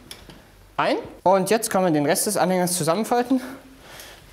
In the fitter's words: hochgeschoben und dann rastet er einräumt